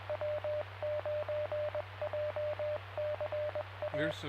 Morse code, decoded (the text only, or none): W9JCA